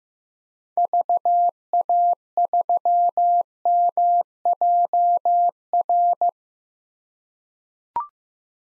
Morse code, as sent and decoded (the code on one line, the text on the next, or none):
...- .- ...-- -- .--- .-.
VA3MJR